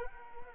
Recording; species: mosquito wingbeat signal from an infrared sensor; Anopheles arabiensis